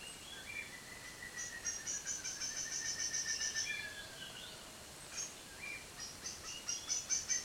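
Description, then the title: Frogs calling with rapid runs of high pulsed notes, repeated in bursts, alongside thin drawn-out whistled tones that glide slightly, over a soft hiss. High Andean forest in a protected regional forest reserve, Valle del Cauca, Colombia; frogs call to mate, mark territory or when threatened by a predator. "así cantan las ranas en el Valle del Cauca"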